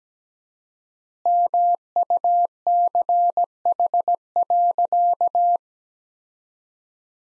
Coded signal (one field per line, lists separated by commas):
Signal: Morse code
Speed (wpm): 17 wpm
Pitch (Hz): 700 Hz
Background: none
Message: MUCH.